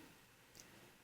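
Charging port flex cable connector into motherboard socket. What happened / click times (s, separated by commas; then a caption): The ribbon connector clicked onto its socket / 0.6 s. The press-fit connector of a Samsung Note 3 charging port flex cable is pushed onto its socket on the phone's motherboard. Against a quiet background, a single short, sharp, high-pitched tick sounds at 0.6 s as the ribbon connector clicks in and seats.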